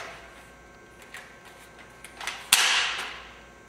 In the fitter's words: hear the snap that's